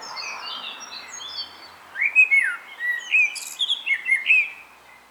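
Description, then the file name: Common blackbird delivering a run of rich, slurred whistles with a high, scratchy flourish, after some faint thin notes. "Turdus merula"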